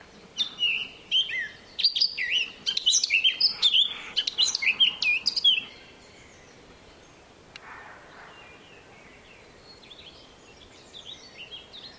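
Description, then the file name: Eurasian blackcap giving quick high chirps and twittering notes for about six seconds, then fainter scattered notes later. "Sylvia atricapilla"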